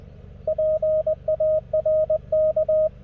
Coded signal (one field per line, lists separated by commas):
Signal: Morse code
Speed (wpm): 20 wpm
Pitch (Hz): 620 Hz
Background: none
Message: PARK